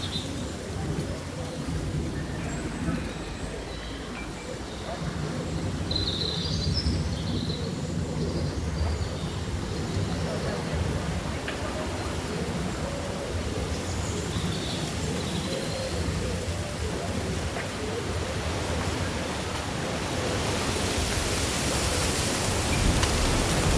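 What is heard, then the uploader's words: Leaves rustle steadily in a summer breeze over a low rumble, with faint bird chirps midway and a brighter gust of hiss near the end. Breezy Summer Day Rustling Leaves and Birdsong.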